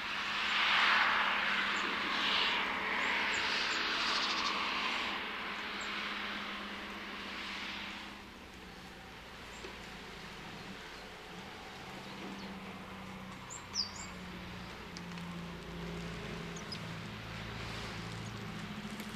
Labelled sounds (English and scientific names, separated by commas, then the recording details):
Great Tit (Parus major)
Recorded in the wild
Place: Kaiserslautern, Rheinland-Pfalz, DE
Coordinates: 49.4247, 7.77889
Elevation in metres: 279
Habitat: garden
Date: 1977-06-03
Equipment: Nagra IV, Sennheiser MKH 405, Parabolreflektor
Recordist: Tretzel, Erwin